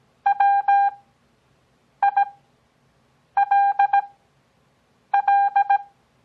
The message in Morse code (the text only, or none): WILL